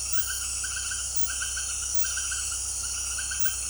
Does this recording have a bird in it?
no